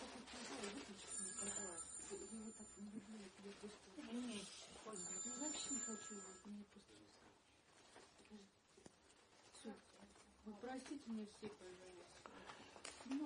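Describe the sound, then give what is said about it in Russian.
A mobile phone rings in a church with a bright, high electronic ringtone in two short repeated bursts, heard beneath a person who keeps talking steadily throughout. “Вы вообще приходите в храм, выключайте мобильный, написано же.”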